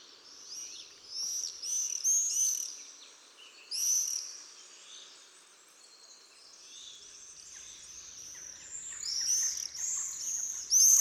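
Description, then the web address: Swift calls, thin high screams and chirps rising and falling in loose bursts over a faint background hiss. Swifts in jousting flights. "annee nature les joutes du martinet"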